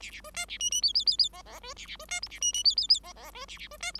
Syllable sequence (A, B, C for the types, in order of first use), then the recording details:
A A B C A D D E E E E F F B A A B C G A D D E E E F F B A A B C G. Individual Bird5